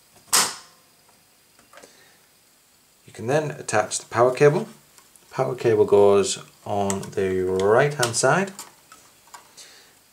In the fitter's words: and once you've lined that up you push it down until you hear a click you